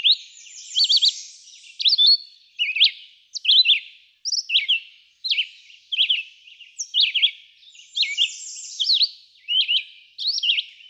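Red-eyed vireo: choppy whistled phrases following each other closely.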